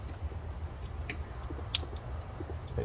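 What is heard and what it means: A wiring harness connector is pushed onto a new plastic camshaft position sensor for a Nissan 3.5L V6 before the sensor is fitted into the engine. A faint tick is heard at 1.1 s, then a sharper, louder click at 1.8 s as the connector latches on, over a low background rumble. The connector is seated on the sensor.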